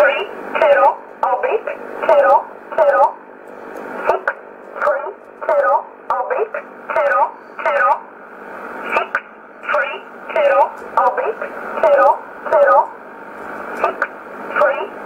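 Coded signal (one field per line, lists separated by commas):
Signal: numbers station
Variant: E11 Oblique, English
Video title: 24 04 2020 E11 Oblique Numbers station in English 0716 on 9963 unknown tx site in USB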